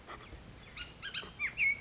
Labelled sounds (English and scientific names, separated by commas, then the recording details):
Bullock's Oriole (Icterus bullockii)
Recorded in Sonoma County, California